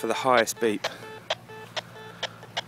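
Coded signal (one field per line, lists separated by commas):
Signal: none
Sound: an antenna analyser's tuning beeps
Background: speech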